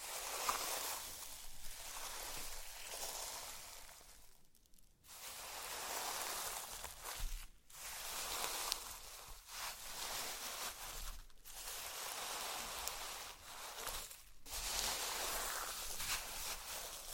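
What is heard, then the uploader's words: Slime being squished and crackled, a dense, bright, fizzy crackling that runs steadily with brief silent breaks around 4.5, 7.5, 11 and 14 seconds. ASMR SLIME! 5 Satisfying Slimes.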